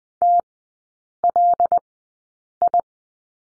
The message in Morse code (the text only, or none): TLI